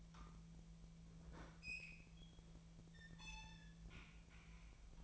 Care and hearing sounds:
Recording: daily activity, microphone in the room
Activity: open fridge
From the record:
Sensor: 1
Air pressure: 1009.7 hPa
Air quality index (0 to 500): 193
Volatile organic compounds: 19 ppm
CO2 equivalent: 2644 ppm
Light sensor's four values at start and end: 31/78/33/39 and 31/79/33/39

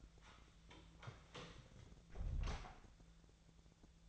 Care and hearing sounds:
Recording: daily activity, microphone in the room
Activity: close door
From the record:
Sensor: 3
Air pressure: 1000.5 hPa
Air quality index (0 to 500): 182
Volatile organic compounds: 4 ppm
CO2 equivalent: 1575 ppm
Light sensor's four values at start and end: 12/29/12/13 and 12/29/12/13

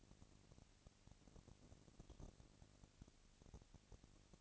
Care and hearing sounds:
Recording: daily activity, microphone in the room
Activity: no activity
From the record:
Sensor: 4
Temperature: 22.4 degrees Celsius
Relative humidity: 31.9%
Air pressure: 997.9 hPa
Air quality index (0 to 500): 203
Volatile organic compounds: 17 ppm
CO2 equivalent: 2570 ppm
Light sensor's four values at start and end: 2/3/1/1 and 2/3/1/1

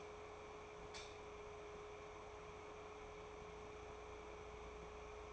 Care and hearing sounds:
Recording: daily activity, microphone in the room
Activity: light on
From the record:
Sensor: 1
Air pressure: 1010.3 hPa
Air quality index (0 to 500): 172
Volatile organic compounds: 12 ppm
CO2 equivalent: 2361 ppm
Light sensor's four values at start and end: 51/133/55/69 and 55/147/60/74

